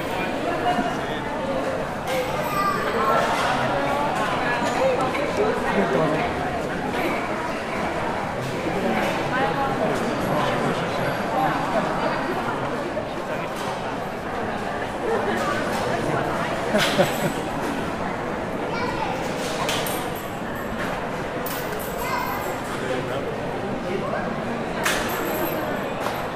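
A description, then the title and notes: Sounds of Tokyo: a dense, steady wash of many overlapping voices and murmur that holds at an even level for the whole stretch. Brief sharp clicks and knocks cut through every few seconds, and faint high tones flicker near the top now and then. Sounds of Tokyo | Tokyo, Japan.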